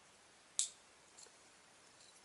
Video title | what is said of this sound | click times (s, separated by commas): UNBOXiNG REViEW OF Transformers Generations Titans Return APEFACE TiTAN MASTER Action Figure | But this you can actually hear the little snap. | 0.6 s